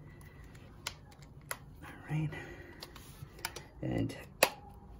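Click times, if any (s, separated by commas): 4.4 s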